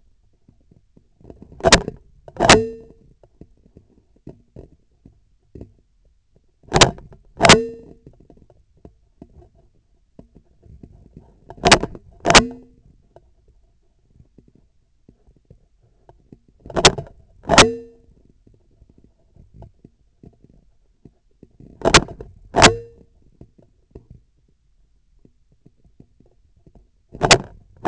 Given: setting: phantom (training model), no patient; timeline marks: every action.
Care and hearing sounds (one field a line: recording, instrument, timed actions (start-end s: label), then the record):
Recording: laparoscopic instrument, vibration sensor on the handle end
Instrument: scissors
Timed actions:
1.52-2.11 s: scissors opening
2.28-3.12 s: scissors closing
6.58-7.11 s: scissors opening
7.32-8.07 s: scissors closing
11.52-12.02 s: scissors opening
12.20-12.83 s: scissors closing
16.55-17.16 s: scissors opening
17.38-18.13 s: scissors closing
21.75-22.30 s: scissors opening
22.49-23.12 s: scissors closing
27.07-27.56 s: scissors opening
From the record:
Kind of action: tool actuation without material contact